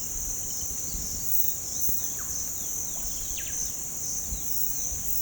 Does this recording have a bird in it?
yes